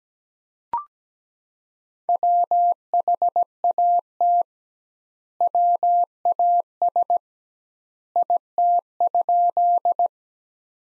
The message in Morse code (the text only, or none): WHAT WAS IT?